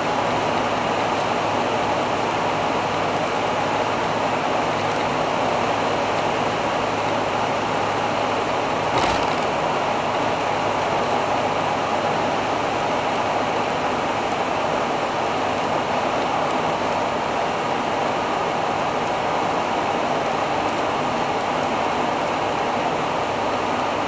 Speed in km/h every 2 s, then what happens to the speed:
96, 96, 96, 95, 95, 94, 93, 92, 92, 92, 91, 90.
0-24 steady at about 93.